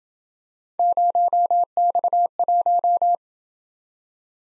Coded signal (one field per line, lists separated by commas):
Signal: Morse code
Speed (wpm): 27 wpm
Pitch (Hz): 700 Hz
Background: none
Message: 0X1